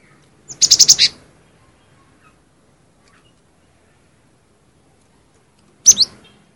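Cinereous tit gives a fast, high series of about five notes, then silence for several seconds before two brief sharp downslurred notes.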